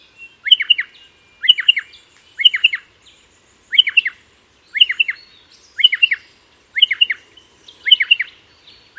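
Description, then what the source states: Striated Pardalote calling, clear chip notes in short bursts about one each second, steady and insistent over silence. Recorded in Dryandra Woodland National Park, Wheelman Country, Western Australia, by Mark Anderson; call can differ slightly by location.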